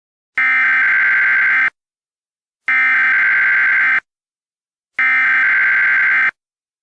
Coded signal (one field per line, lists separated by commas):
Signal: Emergency Alert System (SAME) tones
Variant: header bursts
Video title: EAS Scenario: Smelted